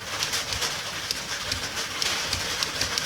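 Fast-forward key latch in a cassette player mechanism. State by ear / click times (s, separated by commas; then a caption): not seated / none. The fast-forward piano key on an old Sharp cassette player is pressed repeatedly but will not stay down, because the key fails to latch. Loose mechanical clacks are heard around 1.1, 2.0, 2.3, 2.6, 2.8 and 3.0 seconds. Nothing has latched yet.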